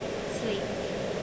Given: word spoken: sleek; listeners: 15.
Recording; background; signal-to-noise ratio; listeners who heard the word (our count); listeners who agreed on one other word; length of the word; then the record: one English word in noise, from a listening test; speech-shaped noise; -6.2 dB; 5 of 15; 10 of 15; 0.83 s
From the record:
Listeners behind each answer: 10, 5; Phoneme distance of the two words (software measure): 10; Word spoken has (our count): 1 syllable, 4 phonemes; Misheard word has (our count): 1 syllable, 4 phonemes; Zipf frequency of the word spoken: 3.29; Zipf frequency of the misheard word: 4.94